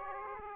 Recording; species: mosquito wingbeat signal from an infrared sensor; Aedes aegypti